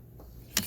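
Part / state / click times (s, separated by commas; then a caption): locking pin on purge valve electrical connector / seated / 0.6 s. On a 5.7 Hemi Dodge Charger, the red locking pin on top of the plastic electrical connector for the EVAP purge valve is pushed in to set the lock after the connector is seated. After a low, quiet background, a single sharp click sounds at 0.6 s as the lock pin snaps home, locking the connector.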